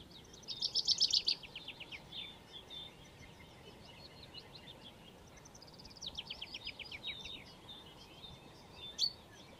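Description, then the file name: Common chaffinch song: two soft phrases of rapid notes several seconds apart, with fainter notes between, over low background hiss. "Fringilla coelebs"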